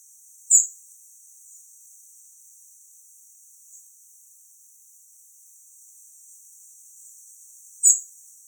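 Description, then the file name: European robin calls, two brief very high thin notes about seven seconds apart, over faint hiss. "Erithacus rubecula"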